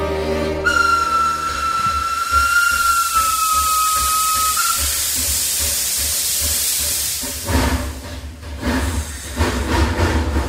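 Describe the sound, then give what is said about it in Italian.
A steam train runs with a steady hiss and rhythmic low chugging, a long steady whistle sounding over it for several seconds early on, then rougher bursts of steam near the end. “Il treno va.”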